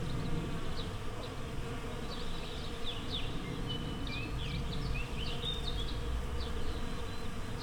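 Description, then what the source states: Bees: steady low buzzing, with bird chirps and a few whistled notes. Bees in a flowering rapeseed field, Słoneczna 9, Siemianowice Śląskie, Poland, Saturday 18 May 2019; recorded with Zoom H5 and Audio-Technica BP4025.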